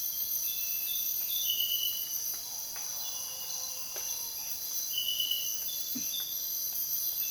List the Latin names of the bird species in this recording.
none